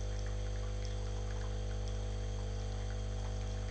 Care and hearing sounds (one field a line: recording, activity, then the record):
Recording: daily activity, microphone in the room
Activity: make coffee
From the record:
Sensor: 4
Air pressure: 1008.2 hPa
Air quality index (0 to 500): 106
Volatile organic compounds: 1 ppm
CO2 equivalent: 787 ppm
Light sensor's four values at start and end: 10/23/9/9 and 10/23/9/9